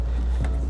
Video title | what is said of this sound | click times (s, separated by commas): 2008 Nissan Rogue Trailer Wiring Installation | there's a tee connect that we can plug right into here and once you hear the click it's nice | 0.4 s